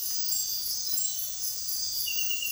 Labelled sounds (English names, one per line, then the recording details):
none
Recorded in dense forest near Puerto Asís, Putumayo, Colombia, on 9 March 2025 at 04:30
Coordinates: 0.503, -76.323
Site GP09